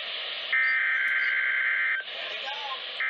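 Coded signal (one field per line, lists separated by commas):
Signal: Emergency Alert System (SAME) tones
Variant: header bursts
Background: speech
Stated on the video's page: Weekly tests on NOAA Weather Radio.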